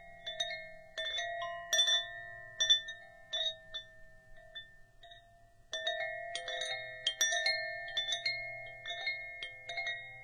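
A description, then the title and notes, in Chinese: Wind chimes ring in clustered, irregular strikes with long sustained tones, a quieter lull near five seconds, then denser ringing resumes over a low hum. 风铃声。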